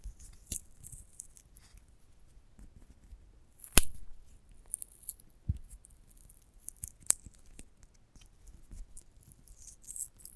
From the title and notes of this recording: ASMR of a Sunflower Head (No Talking).